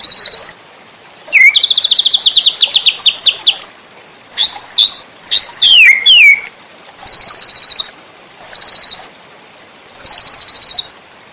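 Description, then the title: White-rumped shama song: high buzzy trills alternating with sharp descending whistles and short high rattling bursts, separated by brief pauses. Masteran training recording for cage birds, titled Labaik. "MURAI BATU LABAIK"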